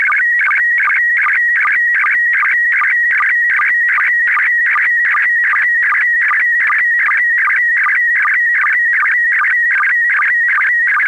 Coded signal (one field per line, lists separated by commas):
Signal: SSTV (slow-scan television)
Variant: PD 50